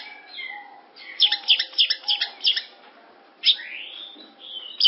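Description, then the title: Long-tailed Shrike song with a brief buzzy burst of fast clicking notes, then a long rising-falling whistled slur and scattered chirps. "Audio Cendet Pentet"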